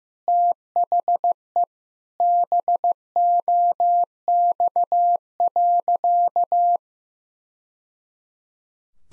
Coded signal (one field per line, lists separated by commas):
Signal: Morse code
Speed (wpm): 15 wpm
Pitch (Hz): 700 Hz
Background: none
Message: THE BOX.